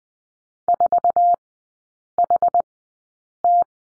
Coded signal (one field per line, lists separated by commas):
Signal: Morse code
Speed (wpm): 20 wpm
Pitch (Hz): 700 Hz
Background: none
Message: 4HT